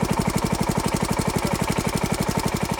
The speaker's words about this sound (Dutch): Een kilometer hier verderop is er namelijk een rivier en het hele dorp heeft een paar pompen daar neergezet, waarmee ze met lange slangen sommige velden kunnen bewateren.